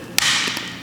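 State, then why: Seated. A spring tension cap for a Native Watercraft Springblade rudder accessory on a 2022 Slayer Propel Max 12.5 kayak is lined up tooth to tooth on the rudder shaft and pushed all the way through. A sharp, loud click lands at 0.2 s, followed by a broad hiss and a couple of faint taps, with no talk. The cap is seated.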